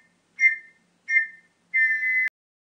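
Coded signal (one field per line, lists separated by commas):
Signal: whistle signal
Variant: Scout whistle signals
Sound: three shrill whistle blasts: two short fading ones, then one longer steady blast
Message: 2 short, 1 long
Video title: Whistle signals | signaling for scouts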